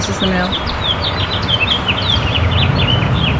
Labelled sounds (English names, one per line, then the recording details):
House Finch song
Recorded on Long Island, New York, on 23 June 2012
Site AP
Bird C